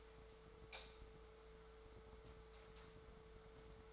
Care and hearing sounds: daily activity, microphone in the room; light on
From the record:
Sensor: 3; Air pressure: 1014.6 hPa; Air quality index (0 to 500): 192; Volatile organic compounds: 24 ppm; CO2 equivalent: 2806 ppm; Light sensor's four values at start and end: 23/59/24/26 and 34/88/37/39

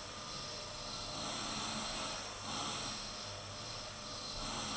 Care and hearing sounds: daily activity, microphone in the room; vacuum cleaning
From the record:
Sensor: 4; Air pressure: 992.6 hPa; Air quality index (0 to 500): 146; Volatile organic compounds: 94 ppm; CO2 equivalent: 3712 ppm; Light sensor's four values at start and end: 19/65/24/24 and 19/65/24/24

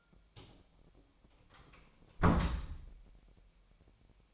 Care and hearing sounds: daily activity, microphone in the room; close door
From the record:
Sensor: 1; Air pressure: 1007.2 hPa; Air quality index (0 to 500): 197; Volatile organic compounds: 19 ppm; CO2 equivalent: 2667 ppm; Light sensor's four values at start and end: 13/34/13/15 and 13/32/13/15

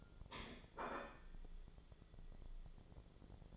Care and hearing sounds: daily activity, microphone in the room; place plate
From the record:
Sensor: 5

